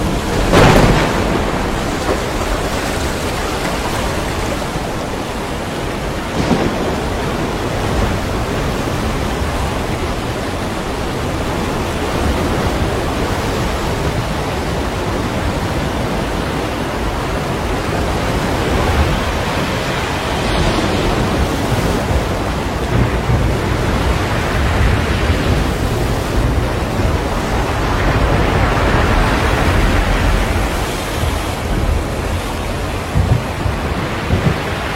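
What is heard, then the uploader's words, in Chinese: A storm at sea roars in a dense, steady wash of wind and water, with brief louder gusts or crashes near the start and around twenty seconds. 海上暴风雨。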